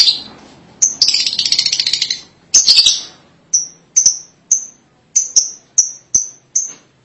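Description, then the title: Lovebird gives a rasping chatter, then a series of short, sharp, high squeaks. "BM Suara Burung Lovebird"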